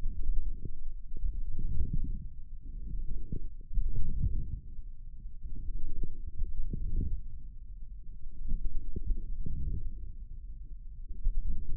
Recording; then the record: forearm muscle sounds (acoustic myography)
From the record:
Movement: forearm pronation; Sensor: system 1, eight BSWA MPA416 microphones around the upper forearm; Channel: 8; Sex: male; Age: 28 years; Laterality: right